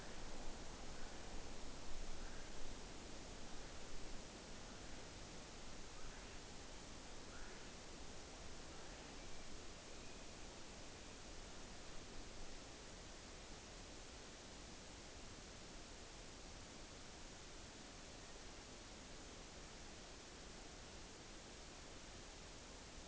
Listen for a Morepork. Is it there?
no